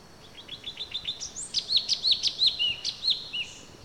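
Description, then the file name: Orange-bellied leafbird giving a run of short high ticks that builds into louder arched chirps and a few lower slurred notes, delivered rapidly over a soft hiss. "suara burung cucak cungkok orange bellied leafbird"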